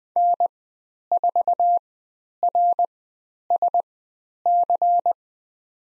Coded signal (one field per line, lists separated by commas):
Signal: Morse code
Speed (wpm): 20 wpm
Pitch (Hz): 700 Hz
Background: none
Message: N4RSC